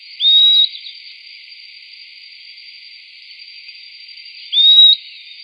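Bird giving a sharp, rising whistled note that levels off, heard twice about four seconds apart over a steady hiss.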